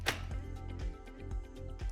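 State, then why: Seated. The plastic connector at the bottom of the lower pole of a Bona Premium Spray Mop is pushed into the mop base. A sharp, loud click is heard at 0.1 s, followed by softer knocks and handling sounds over light background music. The connector seats in the base.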